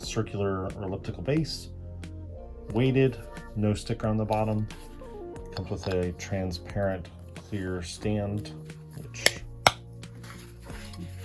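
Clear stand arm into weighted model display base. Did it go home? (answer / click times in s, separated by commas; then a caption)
yes / 9.7 s. Someone talks over music while a transparent clear plastic stand arm is pushed into the weighted, black, circular elliptical plastic display base (no sticker on the bottom) of a Fanhome Star Trek USS Archimedes starship model stand. A sharp click at 9.7 s marks the arm popping into the base, seated successfully this time.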